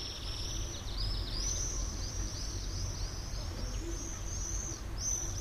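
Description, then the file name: Common swift calls, a chorus of shrill, rasping high screams in repeated short bursts throughout, over steady low-frequency background noise. "Mauersegler"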